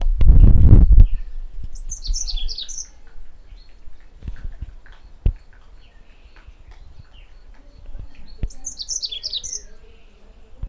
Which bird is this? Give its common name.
White-bellied Canary